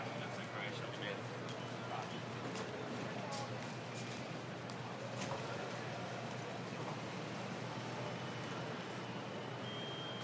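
A busy airport hall: dense, steady crowd chatter fills the whole clip, with footsteps and clattering from bags and carts rolling across the floor. Short knocks and clicks pop up throughout, and a thin high tone appears briefly near the end.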